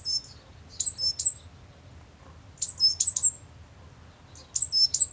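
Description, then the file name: Great tit calls: several quick bursts of thin, very high chirps and tinkling notes, separated by quiet pauses. "Parus major"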